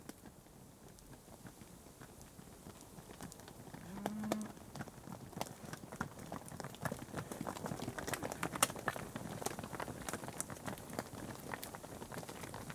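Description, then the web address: Cattle hoofbeats knocking irregularly on a hard surface, with one brief low tonal sound partway through and the clatter growing busier toward the end. Cattle on tarmac. "The BBC Sound Effects Library. Cattle on Tarmac"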